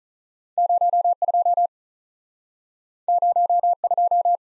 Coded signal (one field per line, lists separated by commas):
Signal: Morse code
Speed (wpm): 48 wpm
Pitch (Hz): 700 Hz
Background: none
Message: 0 2 0 2